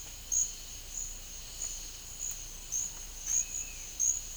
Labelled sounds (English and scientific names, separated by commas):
none